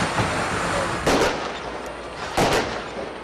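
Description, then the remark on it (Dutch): Fireworks set off by protesting farmers in Brussels go off with two sharp, loud bangs about a second apart, each crackling briefly before fading into a steady, hissing wash of background noise. “De boeren stichtten brandjes, gooiden met mest en staken vuurwerk af.”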